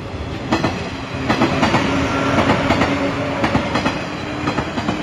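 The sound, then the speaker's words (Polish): A train rolls steadily along a track built of separate rail sections, its wheels striking the joints in repeated clickety-clack beats over a continuous low rumble, fairly loud throughout with no voices. “To, co usłyszeliśmy przed chwileczką, to był przejazd pociągu po torze montowanym z poszczególnych odcinków szyn.”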